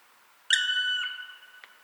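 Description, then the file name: Black woodpecker: one long, clear whistled note that tails off, followed by a faint click. "Dryocopus martius"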